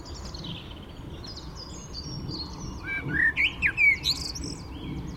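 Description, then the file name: Common blackbird song, a short warbled phrase with a squeaky finish, heard over a steady rushing background noise. "Turdus merula"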